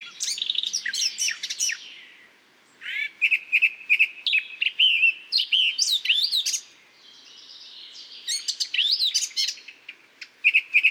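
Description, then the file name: Eurasian blackcap song: rich, fluty warbled phrases with quick chattering notes, mostly high-pitched, broken by brief pauses. "Sylvia atricapilla"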